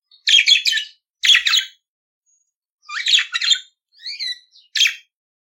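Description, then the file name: Budgerigar warbling song: bursts of scratchy, buzzy chatter with squeaky notes, in short phrases separated by brief pauses, plus a few thin whistled slurs near the end. "Canto do periquito australiano"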